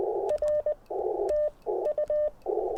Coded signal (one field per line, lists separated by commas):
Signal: Morse code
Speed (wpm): 16 wpm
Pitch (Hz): 600 Hz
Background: none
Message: R TU